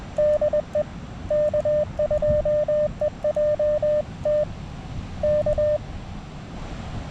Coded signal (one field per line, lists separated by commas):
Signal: Morse code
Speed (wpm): 20 wpm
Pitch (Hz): 600 Hz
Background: none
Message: DE K2EJT K